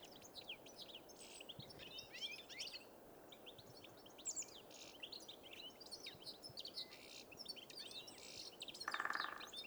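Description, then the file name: European goldfinch calls, many quick high tinkling chirps and slurred notes in a steady chatter, ending with a short loud buzzy rattle. "Carduelis carduelis"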